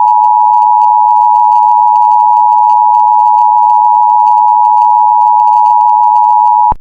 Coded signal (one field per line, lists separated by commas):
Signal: Emergency Alert System (SAME) tones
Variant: 853 and 960 Hz attention tone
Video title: EAS Scenario #1: Tornado Trouble (old)